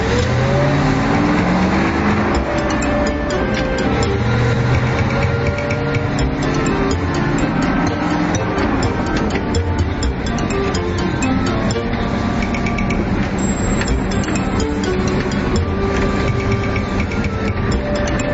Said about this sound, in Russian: Пашка завел машину и выехал со двора.